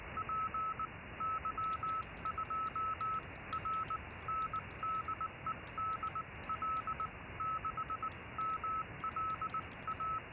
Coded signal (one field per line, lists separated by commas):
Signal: Morse code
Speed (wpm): 18 wpm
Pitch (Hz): 1300 Hz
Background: none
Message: PY2RN DE DL6MLA